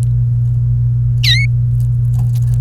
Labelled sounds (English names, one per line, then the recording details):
Domestic Canary song
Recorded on 28 April 2018 at 11:33
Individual llb3